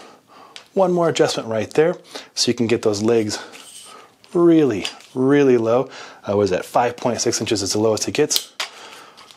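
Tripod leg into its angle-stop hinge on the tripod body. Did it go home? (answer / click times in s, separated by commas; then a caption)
no / none. A Peak Design Travel Tripod has its legs adjusted toward their lowest spread, about 5.6 inches high, as a leg is handled toward its angle-stop hinge on the tripod body while someone talks. Light handling knocks are heard under the talking, and nothing has seated or clicked yet.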